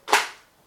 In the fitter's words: il vous suffit de l'enclencher